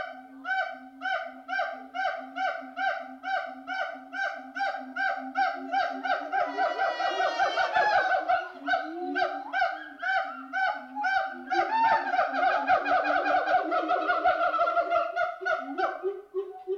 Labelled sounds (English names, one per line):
Siamang